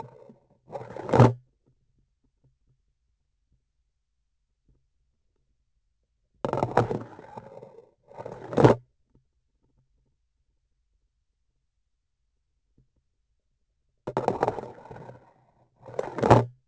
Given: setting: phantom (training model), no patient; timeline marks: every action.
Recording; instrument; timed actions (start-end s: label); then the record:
laparoscopic instrument, vibration sensor on the handle end; grasping forceps
0.00-0.36 s: insertion through the trocar
0.65-1.45 s: removal through the trocar
6.39-7.87 s: insertion through the trocar
8.05-8.81 s: removal through the trocar
14.02-15.30 s: insertion through the trocar
15.72-16.53 s: removal through the trocar
From the record:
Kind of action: spatial motion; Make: other than Olympus